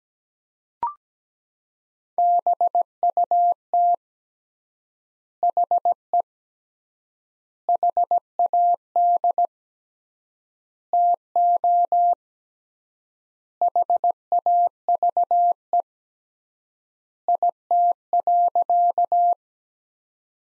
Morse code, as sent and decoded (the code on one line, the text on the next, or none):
-... ..- - / .... . / .... .- -.. / - --- / .... .- ...- . / .. - .-.-.-
BUT HE HAD TO HAVE IT.